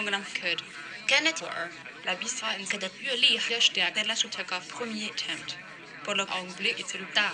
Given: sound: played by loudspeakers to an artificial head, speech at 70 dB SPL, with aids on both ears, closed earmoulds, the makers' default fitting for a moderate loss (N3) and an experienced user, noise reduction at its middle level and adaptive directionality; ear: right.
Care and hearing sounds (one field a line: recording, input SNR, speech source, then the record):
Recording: speech test signal (ISTS) in cocktail-party noise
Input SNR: +6 dB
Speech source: on the right (90 degrees)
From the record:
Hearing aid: class 2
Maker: G